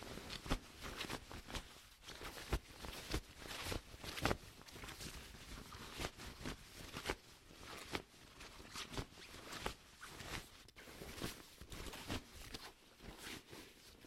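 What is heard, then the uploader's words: Waxed cotton fabric is scrunched continuously, making dense, crinkly, hissing rustles that run bright and crisp. The texture churns without pause, with frequent sharper crackles and pops scattered throughout, including a few louder snaps near the four- and eleven-second marks. ASMR scrunching waxed cotton fabric. ASMR: enjoy an extended period of waxed cotton fabric being scrunched.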